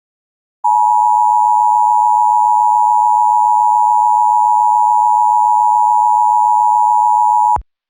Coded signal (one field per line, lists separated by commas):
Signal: Emergency Alert System (SAME) tones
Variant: 853 and 960 Hz attention tone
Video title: Eas Scenario The Superior Race Part2